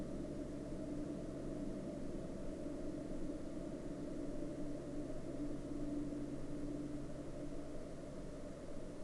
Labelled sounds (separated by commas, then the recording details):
machinery, flare stack
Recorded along the Dempster Highway, Canada, on 12 October 2020 at 05:22
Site 13